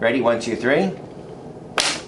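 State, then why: Seated. Someone talks while the folding spine of a MagniLink Zip portable desktop video magnifier is pulled up with counter pressure, the base held down. At 1.8 s the spine locks upright into its base with a single sharp click, and it stays seated.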